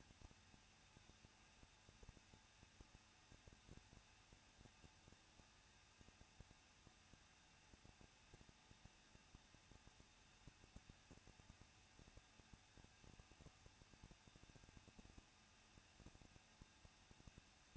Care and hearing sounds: daily activity, microphone in the room; no activity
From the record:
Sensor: 2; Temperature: 21.0 degrees Celsius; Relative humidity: 37.3%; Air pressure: 1006.3 hPa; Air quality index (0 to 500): 220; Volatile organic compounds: 23 ppm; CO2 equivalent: 2782 ppm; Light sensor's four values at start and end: 2/3/2/2 and 2/3/2/2

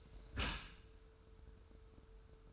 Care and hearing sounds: daily activity, microphone in the room; close dishwasher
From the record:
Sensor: 2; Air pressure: 1014.8 hPa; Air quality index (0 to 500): 25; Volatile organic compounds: 0 ppm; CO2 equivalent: 500 ppm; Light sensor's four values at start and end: 10/22/9/9 and 10/22/9/9

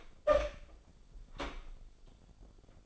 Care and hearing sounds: daily activity, microphone in the room; open door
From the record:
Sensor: 5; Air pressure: 1007.2 hPa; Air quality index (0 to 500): 172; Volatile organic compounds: 4 ppm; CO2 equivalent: 1650 ppm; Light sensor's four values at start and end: 55/157/61/61 and 56/158/61/61

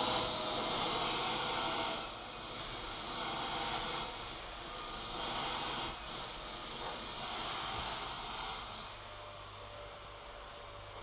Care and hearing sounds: daily activity, microphone in the room; vacuum cleaning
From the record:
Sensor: 5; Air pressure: 991.2 hPa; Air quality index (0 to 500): 122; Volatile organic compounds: 47 ppm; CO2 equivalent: 3247 ppm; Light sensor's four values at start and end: 35/113/43/46 and 35/113/43/46

